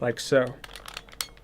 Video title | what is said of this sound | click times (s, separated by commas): Nyko Power Pack For Nintendo Switch Review | hear it click and when you hear that click you're good to go meaning that's locked in and ready to go | 1.2 s